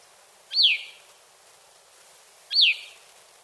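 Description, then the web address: Gray-cheeked thrush call: two thin, piercing notes that slide steeply downward, about two seconds apart, against a steady soft hiss. Recorded in the eastern lowlands of South America. "Natures Songs S America Eastern Lowlands. Gray-cheeked Thrush"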